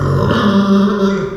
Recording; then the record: squeal of a Yucatan mini pig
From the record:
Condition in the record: after surgery on the right vocal fold (resection and tissue-engineered implant); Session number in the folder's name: 15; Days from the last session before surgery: 175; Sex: female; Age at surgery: 19 weeks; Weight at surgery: 25 kg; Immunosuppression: prednisolone